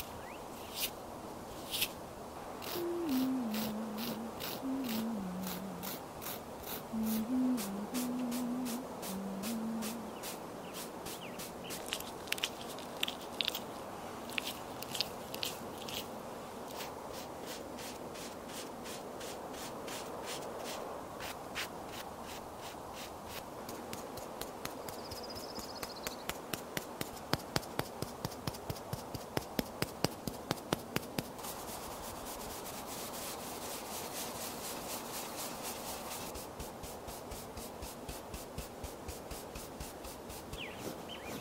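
Makeup being applied, with steady soft rubbing and brushing strokes throughout. Sharp taps and clicks come irregularly, with a quick run of crisp clicks around 27 to 31 seconds. A low voice-like tone murmurs briefly in the first ten seconds.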